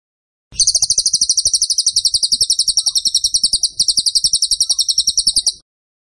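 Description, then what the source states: Bird producing an extended rapid trill of high, sharp notes, about five seconds long, with one brief dip in loudness midway. Masteran (song-training) recording of a bird described as gacor (singing vigorously) with tembakan (rapid bursts) style.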